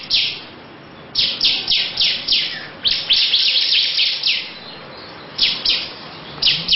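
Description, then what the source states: Lovebird chattering in short clusters of harsh, high chirps separated by pauses. Long "ngekek panjang" song style.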